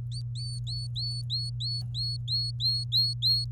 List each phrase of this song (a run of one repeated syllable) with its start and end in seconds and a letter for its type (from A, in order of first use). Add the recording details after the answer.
0.12-3.44 A. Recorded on 24 April 2018 at 06:17. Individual llb3